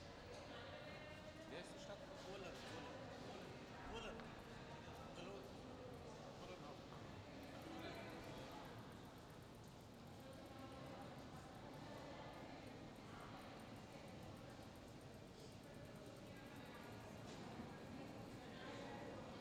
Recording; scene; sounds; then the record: everyday scene through a hearing-aid microphone; reverberant space; background noise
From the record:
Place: railway station hall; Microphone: in the ear canal, left